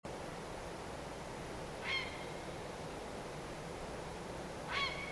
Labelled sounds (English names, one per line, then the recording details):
Grey Heron
unidentified sound
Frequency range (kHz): Grey Heron 1.0-7.0 kHz
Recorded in France